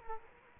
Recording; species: mosquito wingbeat signal from an infrared sensor; Culex quinquefasciatus